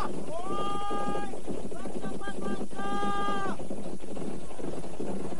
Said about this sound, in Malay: Pasukan besar itu kemudian mulai bergerak lebih cepat dari semula. Suara langkah prajurit, derap dan ringki kuda, serta derap pedati yang mengangkut perbekalan dan perlengkapan perang, bergemuruh bagaikan naga raksasa yang bergerak di bawah perut